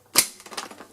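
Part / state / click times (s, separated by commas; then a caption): dust bin onto cordless stick vacuum body / seated / 0.2 s. The clear plastic dust bin of a Dyson V6 DC59 cordless stick vacuum is hooked on at the front clip and pushed up from the bottom until its catch locks onto the vacuum body. A sharp, bright snap lands at 0.2 s, followed by a few fainter plastic clicks and rattles. The dust bin is seated and locked in place.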